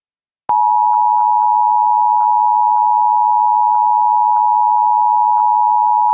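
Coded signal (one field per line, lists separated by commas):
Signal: Emergency Alert System (SAME) tones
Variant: 853 and 960 Hz attention tone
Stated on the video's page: Fictional EAS scenario.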